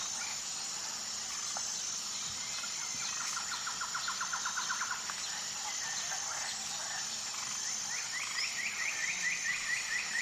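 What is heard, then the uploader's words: Rainforest birds call over a dense, steady bed of high insect-like buzzing that never lets up. Quick repeated chirping trills come in bursts, one around three to five seconds and another rising series near the end, with a faint low hum underneath. Colorful Birds of the Rainforest. Jungle #nomusic.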